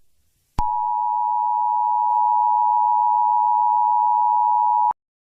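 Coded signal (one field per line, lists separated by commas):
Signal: Emergency Alert System (SAME) tones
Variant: 853 and 960 Hz attention tone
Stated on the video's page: Fictional Turkish EAS emergency scenario, made for entertainment.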